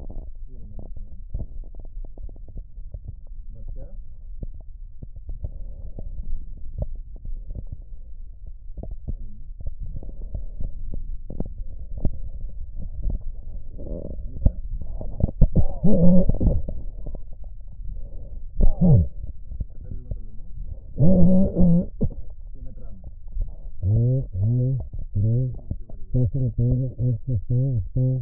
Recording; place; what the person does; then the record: lung sounds by stethoscope; right posterior apical chest; quiet breathing, then cough and speech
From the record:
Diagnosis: pulmonary infection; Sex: male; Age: 54 years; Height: 187 cm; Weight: 95 kg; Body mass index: 27.2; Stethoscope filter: extended mode